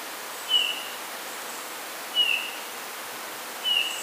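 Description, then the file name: Eurasian bullfinch repeating a soft, plaintive piping note three times at intervals of about one and a half seconds, with steady hiss behind. "Pyrrhula pyrrhula"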